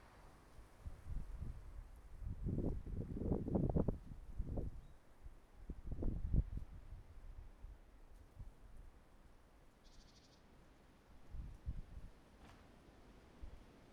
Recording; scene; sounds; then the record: everyday scene through a hearing-aid microphone; wind on the microphone; wind, traffic, birds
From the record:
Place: suburban garden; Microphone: behind the ear, right, rear